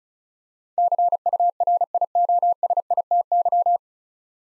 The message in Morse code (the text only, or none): CURIOSITY